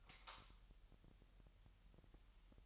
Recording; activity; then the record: daily activity, microphone in the room; light off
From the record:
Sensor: 3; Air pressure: 1001.8 hPa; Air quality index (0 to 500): 246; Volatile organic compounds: 48 ppm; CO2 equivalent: 3273 ppm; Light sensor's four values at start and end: 12/34/13/12 and 6/14/5/6